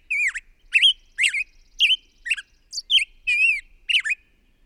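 Bird song: separate squeaky, bending whistles and harsher buzzy notes, each richly overtoned.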